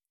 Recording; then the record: hydrophone in a shrimp aquaculture tank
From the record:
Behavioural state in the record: feeding